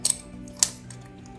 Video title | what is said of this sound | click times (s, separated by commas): Core i7 Haswell isn't dead yet - PC Rakitan 4 jutaan untuk gaming, editing, dan pamer | kita tinggal tempel di motherboard Sampai bunyi klik | 0.1 s, 0.6 s